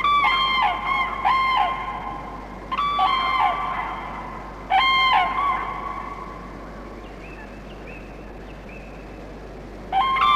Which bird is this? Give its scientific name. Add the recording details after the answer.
Grus grus. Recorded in the wild. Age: adult. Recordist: Meyer, Hugo